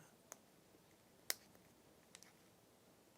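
A magazine spring is pushed into a polymer magazine follower until it snaps in place and is confirmed retained. A loud, sharp snap at 1.3 s is the main event, with smaller clicks around 0.3 s and 2.2 s.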